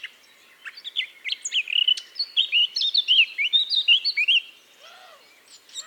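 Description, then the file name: Eurasian blackcap warbling: a fast run of twittering, slurred high notes, then quiet with a faint low call in the background. "Sylvia atricapilla"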